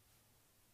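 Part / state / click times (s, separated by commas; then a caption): top-fill cap on clearomizer tank / not seated / none. The top-fill cap on a juice-filled Kaees Landmark Subohm Clearomizer tank is being turned closed after filling. Only a steady, faint hiss is heard, with no distinct handling sounds. Nothing has seated or clicked yet.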